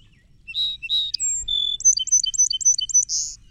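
Song sparrow singing: two buzzy introductory notes, a high pure whistle, a flat lower tone, a rapid repeated high-low trill, closing with a harsh buzz.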